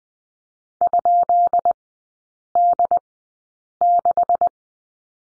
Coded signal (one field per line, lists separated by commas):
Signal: Morse code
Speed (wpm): 20 wpm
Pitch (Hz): 700 Hz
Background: none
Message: ?D6